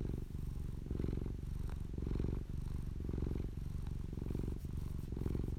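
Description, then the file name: Cat purring steadily, a low rumbling vibration that swells and fades with each breath, roughly every second. Happy cat. "Happy kitty"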